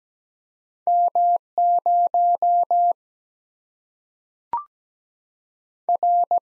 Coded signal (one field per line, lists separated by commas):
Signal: Morse code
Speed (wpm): 17 wpm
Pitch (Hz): 700 Hz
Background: none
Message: M 0 R